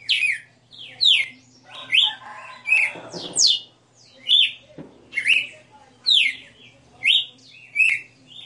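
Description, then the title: Red-cowled cardinal song of quick, bright whistled notes in paired downslurs, repeating about every second; a short burst of rustling noise midway and a faint low hum. Female red-cowled cardinal singing; song described as a 60-note style. "Canto Galo Campina Fêmea. Galo de Campina 60 NOTAS Cantando"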